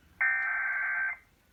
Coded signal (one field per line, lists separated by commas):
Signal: Emergency Alert System (SAME) tones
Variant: header bursts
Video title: FFW #2 on KHQ-DT (EAS #1076)